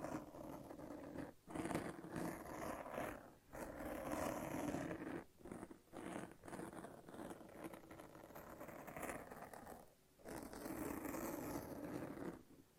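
A sticky lint roller and tape being peeled and rolled, giving a dense, crackling, tearing rasp that runs in long stretches. Brief gaps break it near 1.5, 3.5, 5.5 and 10 seconds, with a low rumbling undertone throughout.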